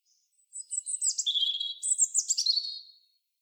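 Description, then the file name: European robin pouring out a rapid, tumbling phrase of high, squeaky notes and shimmering trills that wavers up and down before fading. "Erithacus rubecula"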